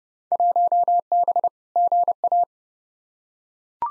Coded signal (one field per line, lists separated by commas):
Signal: Morse code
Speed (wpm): 31 wpm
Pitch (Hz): 700 Hz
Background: none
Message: 1B GA